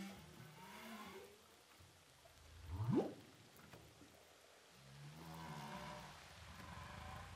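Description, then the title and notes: Humpback whale song units underwater: harmonic moans, a sharp low upsweep rising steeply, then more long harmonic moans, over steady background hiss. Humpback whales recorded with a DPA hydrophone offshore from Saint-Paul, Réunion Island. "Whales sound by hydrophophone DPA saint paul, ile de la reunion. Baleines à bosse enregistrées à l'hydrophone DPA au large de saint Paul de la réunion"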